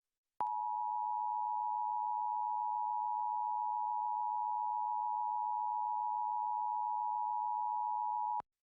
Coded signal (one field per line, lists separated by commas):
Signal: Emergency Alert System (SAME) tones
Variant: 853 and 960 Hz attention tone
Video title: December 2023 Texas Required Monthly Test (EAS #511-538)